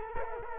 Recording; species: mosquito wingbeat signal from an infrared sensor; Culex quinquefasciatus